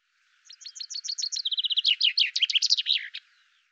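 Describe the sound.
Common chaffinch giving one song: a cascade of crisp descending notes, a short even trill, then a vigorous terminal flourish, clean with no other sounds.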